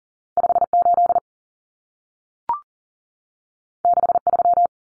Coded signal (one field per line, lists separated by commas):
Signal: Morse code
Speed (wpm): 40 wpm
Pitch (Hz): 700 Hz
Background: none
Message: 58 63